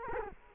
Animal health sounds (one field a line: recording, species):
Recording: mosquito wingbeat signal from an infrared sensor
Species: Culex quinquefasciatus